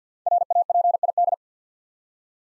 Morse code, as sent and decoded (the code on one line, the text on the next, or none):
.-. .- .--. .. -..
RAPID